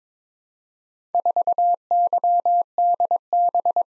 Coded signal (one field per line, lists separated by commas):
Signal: Morse code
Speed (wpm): 22 wpm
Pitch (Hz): 700 Hz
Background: none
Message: 4YDB